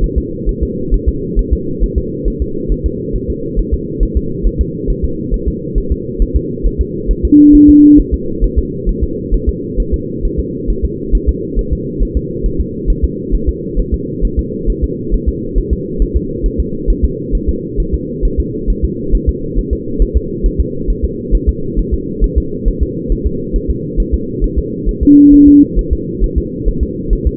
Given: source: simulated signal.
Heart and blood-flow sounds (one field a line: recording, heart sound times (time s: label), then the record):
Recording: fetal heart sounds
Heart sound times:
0.04 s: S1
0.18 s: S2
0.49 s: S1
0.63 s: S2
0.94 s: S1
1.09 s: S2
1.39 s: S1
1.53 s: S2
1.83 s: S1
1.98 s: S2
2.28 s: S1
2.42 s: S2
2.72 s: S1
2.86 s: S2
3.16 s: S1
3.30 s: S2
3.59 s: S1
3.74 s: S2
4.03 s: S1
4.17 s: S2
4.47 s: S1
4.61 s: S2
4.90 s: S1
5.05 s: S2
5.34 s: S1
5.48 s: S2
5.78 s: S1
5.92 s: S2
6.22 s: S1
6.37 s: S2
6.66 s: S1
6.81 s: S2
7.11 s: S1
7.25 s: S2
7.55 s: S1
7.70 s: S2
8.00 s: S1
8.14 s: S2
8.44 s: S1
8.59 s: S2
8.89 s: S1
9.04 s: S2
9.34 s: S1
9.49 s: S2
9.80 s: S1
9.94 s: S2
10.25 s: S1
10.40 s: S2
10.70 s: S1
10.85 s: S2
11.15 s: S1
11.29 s: S2
11.59 s: S1
11.73 s: S2
12.03 s: S1
12.17 s: S2
12.46 s: S1
12.61 s: S2
12.90 s: S1
13.04 s: S2
13.35 s: S1
13.49 s: S2
13.79 s: S1
13.94 s: S2
14.25 s: S1
14.39 s: S2
14.70 s: S1
14.84 s: S2
15.14 s: S1
15.29 s: S2
15.58 s: S1
15.73 s: S2
16.02 s: S1
16.16 s: S2
16.46 s: S1
16.60 s: S2
16.90 s: S1
17.05 s: S2
17.35 s: S1
17.49 s: S2
17.80 s: S1
17.94 s: S2
18.25 s: S1
18.40 s: S2
18.70 s: S1
18.85 s: S2
19.15 s: S1
19.29 s: S2
19.59 s: S1
19.73 s: S2
20.02 s: S1
20.17 s: S2
20.46 s: S1
20.61 s: S2
20.90 s: S1
21.05 s: S2
21.35 s: S1
21.49 s: S2
21.79 s: S1
21.94 s: S2
22.24 s: S1
22.38 s: S2
22.68 s: S1
22.83 s: S2
23.12 s: S1
23.27 s: S2
23.56 s: S1
23.70 s: S2
24.00 s: S1
24.14 s: S2
24.44 s: S1
24.59 s: S2
24.89 s: S1
25.03 s: S2
25.34 s: S1
25.48 s: S2
25.79 s: S1
25.93 s: S2
26.24 s: S1
26.38 s: S2
26.68 s: S1
26.83 s: S2
27.13 s: S1
27.27 s: S2
From the record:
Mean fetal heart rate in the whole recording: 135 bpm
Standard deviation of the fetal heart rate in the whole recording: 3 bpm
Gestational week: 36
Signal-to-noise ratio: -6.6 dB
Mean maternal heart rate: 72 bpm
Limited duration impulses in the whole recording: present